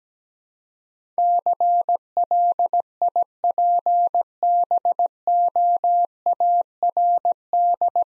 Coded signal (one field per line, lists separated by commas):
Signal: Morse code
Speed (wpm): 17 wpm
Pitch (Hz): 700 Hz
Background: none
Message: CLIPBOARD